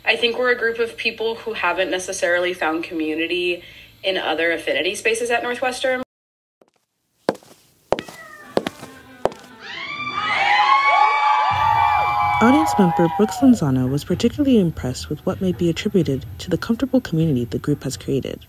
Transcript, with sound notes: I think we’re a group of people who haven’t necessarily found community in other affinity spaces at Northwestern.
[Heels walking on stage and intro to dance number music] Audience member Brooks Lansana was particularly impressed with what may be attributed to the comfortable community the group has created.